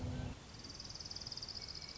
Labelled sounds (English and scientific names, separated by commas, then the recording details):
Orange-crowned Warbler (Leiothlypis celata)
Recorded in Sonoma County, California